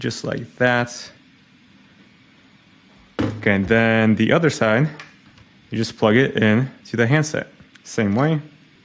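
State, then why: Not seated. The coiled handset cord's modular plug is handled for pushing into the jack on a Yealink MP54 Teams desk phone handset while someone talks. Nothing has seated or clicked yet.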